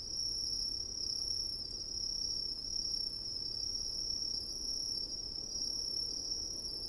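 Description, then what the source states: Crickets giving a continuous high trill with a fainter upper band. Crickets in coniferous forest at night, with soft wind.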